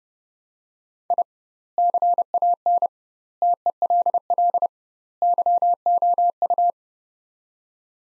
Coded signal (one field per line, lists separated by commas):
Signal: Morse code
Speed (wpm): 30 wpm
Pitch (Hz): 700 Hz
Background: none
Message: I CAN TELL YOU